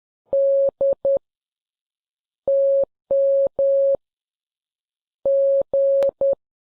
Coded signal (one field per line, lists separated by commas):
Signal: Morse code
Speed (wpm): 10 wpm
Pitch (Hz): 550 Hz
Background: none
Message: D TM G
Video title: Morse Code and The Titanic